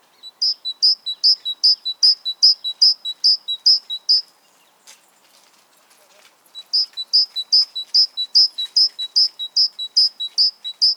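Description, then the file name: Great tit song, a long run of rapid two-note phrases, a quiet pause of about two seconds, then another long run. "Parus major"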